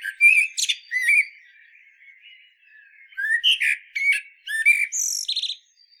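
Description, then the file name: Common blackbird song fragments, warbled notes with high squeaky twittering and a brief buzzy high ending. "Turdus merula"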